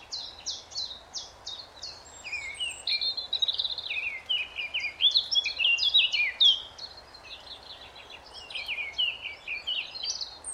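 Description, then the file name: Eurasian blackcap warbling song, a hurried jumble of high chirps and fluty twisted notes running almost without pause, over a soft hiss of background noise. "Sylvia atricapilla"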